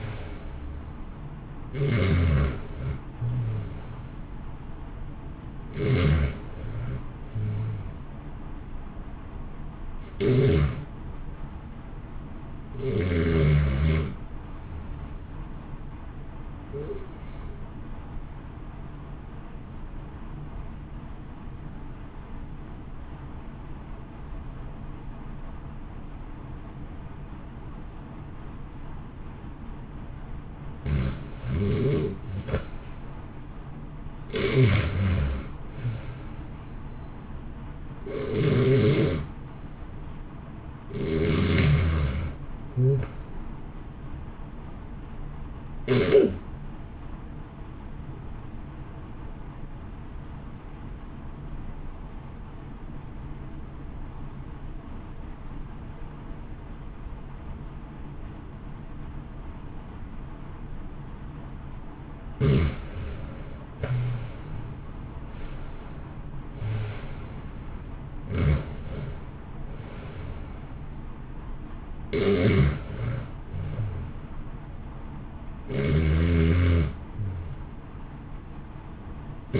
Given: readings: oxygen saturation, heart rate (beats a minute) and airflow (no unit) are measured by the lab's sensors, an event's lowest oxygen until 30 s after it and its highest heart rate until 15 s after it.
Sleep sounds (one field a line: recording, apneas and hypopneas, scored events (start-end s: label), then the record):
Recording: breathing in sleep by a smartphone at the bedside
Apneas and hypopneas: 2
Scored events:
21.00-31.90 s: obstructive apnea (REM, oxygen 90% highest, then 77% lowest, heart rate 62 at the start, 69 highest)
49.00-62.80 s: obstructive apnea (REM, oxygen 89% highest, then 75% lowest, heart rate 63 at the start, 73 highest)
From the record:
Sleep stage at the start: REM sleep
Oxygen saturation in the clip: 63 to 93%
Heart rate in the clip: 58 to 77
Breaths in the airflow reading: 18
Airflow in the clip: -1.7 to 2.0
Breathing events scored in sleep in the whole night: 328 in 6.3 hours asleep